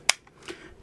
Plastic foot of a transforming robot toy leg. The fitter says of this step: forward until they click same thing with this one here